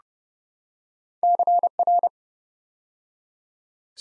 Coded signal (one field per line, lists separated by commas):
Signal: Morse code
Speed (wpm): 30 wpm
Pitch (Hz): 700 Hz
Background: none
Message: CR